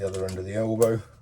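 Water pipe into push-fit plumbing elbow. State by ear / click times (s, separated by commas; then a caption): not seated / none. Someone talks while a water pipe, with two super seals fitted, is handled at the other end of a push-fit plumbing elbow during a Cointra water heater install on a narrowboat. The pipe is not yet home, and nothing has seated or clicked yet.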